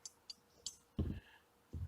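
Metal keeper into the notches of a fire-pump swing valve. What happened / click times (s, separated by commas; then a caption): The metal keeper dropped into place / 0.7 s. A metal keeper is lined up in the notches of an Akron fire-pump swing valve, being repaired for bypassing, and drops into place. Light metallic ticks come at 0.1 s and 0.3 s, then a sharper click at 0.7 s as the keeper seats, followed by duller low knocks around 1.0 s and 1.8 s. The keeper is seated.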